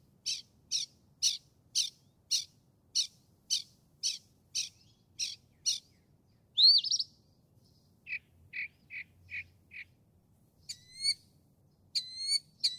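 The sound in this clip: Northern mockingbird song: a long run of evenly spaced sharp notes, a sweeping whistle, a quick series of lower chips, then high slurred notes.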